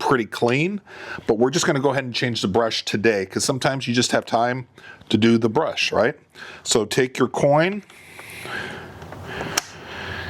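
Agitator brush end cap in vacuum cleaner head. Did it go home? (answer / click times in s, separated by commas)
released / 9.6 s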